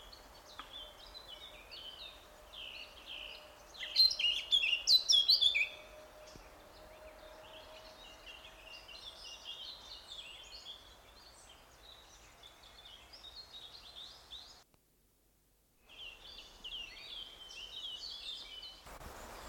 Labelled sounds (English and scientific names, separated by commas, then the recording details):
Eurasian Blackcap (Sylvia atricapilla)
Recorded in the wild
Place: Blankenfelde, Berlin, DE
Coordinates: 52.625, 13.404
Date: 1992-06-28 10:25
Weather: sonnig, 22-26°C, Wind
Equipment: Marantz CP 430, Sennheiser ME 80, Kopie Tesla B 116
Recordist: Tembrock, Günter